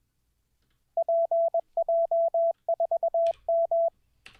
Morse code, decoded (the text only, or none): PJ4M